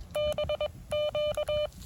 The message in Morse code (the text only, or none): BQ